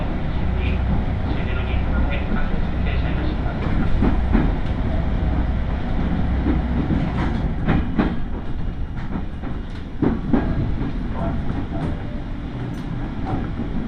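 Inside a Tokaido Line local train running from Toyohashi, a steady low rumble carries sharp rattles and clacks throughout, densest after four seconds.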